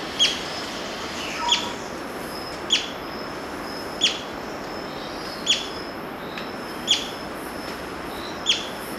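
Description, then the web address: Violet-fronted brilliant giving sharp, high chip notes, one roughly every second and a half, seven in all, over a steady soft hiss. Recorded in Ecuador. "Birds of Ecuador. Violet-fronted Brilliant"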